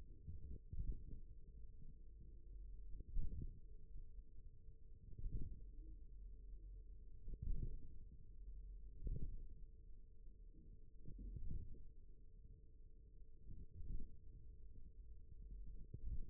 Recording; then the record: forearm muscle sounds (acoustic myography)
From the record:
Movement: radial deviation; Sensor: system 1, eight BSWA MPA416 microphones around the upper forearm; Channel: 2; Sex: male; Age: 41 years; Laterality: right